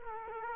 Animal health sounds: mosquito wingbeat signal from an infrared sensor; Culex quinquefasciatus

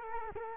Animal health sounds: mosquito wingbeat signal from an infrared sensor; Culex quinquefasciatus

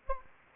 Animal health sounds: mosquito wingbeat signal from an infrared sensor; Anopheles gambiae

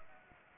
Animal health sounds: mosquito wingbeat signal from an infrared sensor; Anopheles gambiae

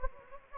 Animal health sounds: mosquito wingbeat signal from an infrared sensor; Anopheles gambiae

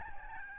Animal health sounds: mosquito wingbeat signal from an infrared sensor; Aedes albopictus

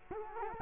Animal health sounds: mosquito wingbeat signal from an infrared sensor; Culex quinquefasciatus

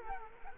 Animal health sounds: mosquito wingbeat signal from an infrared sensor; Culex quinquefasciatus

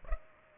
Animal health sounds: mosquito wingbeat signal from an infrared sensor; Culex pipiens

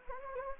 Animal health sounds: mosquito wingbeat signal from an infrared sensor; Anopheles gambiae

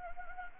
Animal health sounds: mosquito wingbeat signal from an infrared sensor; Anopheles gambiae

